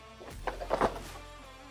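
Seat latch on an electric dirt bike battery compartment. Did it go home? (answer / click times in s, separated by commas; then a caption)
released / 0.5 s, 0.7 s. A key is turned in the keyhole on the right side of a Sur Ron Ultra Bee electric dirt bike to open the battery compartment, and the seat latch under the seat clicks at 0.5 s and 0.7 s. The latch releases so the seat can lift up and slide backwards.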